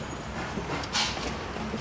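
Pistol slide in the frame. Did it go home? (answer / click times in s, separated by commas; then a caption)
no / none. The slide of a .380 pistol is being pulled back by hand after a jam, with a steady low rumbling background and a brief broadband rustle around 1.0 s. Nothing has clicked or seated yet.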